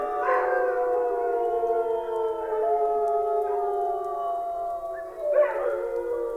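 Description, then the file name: Overlapping wolf howls, long smooth tones gliding slowly, with brief higher yips breaking in at the start and near five seconds. Several wolves howling. "Wolves Howling Wolf Howling - Wolves Howling At The Moon"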